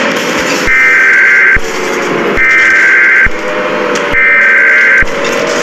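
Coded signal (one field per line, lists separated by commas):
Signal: Emergency Alert System (SAME) tones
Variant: header bursts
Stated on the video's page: EAS test.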